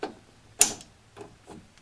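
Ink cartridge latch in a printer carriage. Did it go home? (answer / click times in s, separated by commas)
yes / 0.6 s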